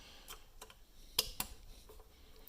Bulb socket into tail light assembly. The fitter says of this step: we just put it back inside like so give it that little bit of a tearing to it clicks we're